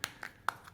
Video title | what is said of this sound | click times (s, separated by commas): Hyundai Accent Key Fob Battery Replacement (2006 - 2017) | when you close it and click it all together you should see the light come on | 0.0 s, 0.5 s